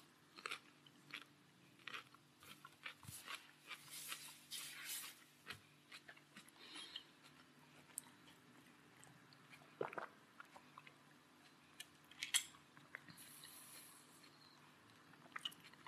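A person eating, with irregular crunchy and smacking bites scattered through the clip, densest around the fourth and fifth seconds and again near ten and twelve seconds. Quiet pauses separate the chewing bursts, and a low steady hum runs underneath throughout.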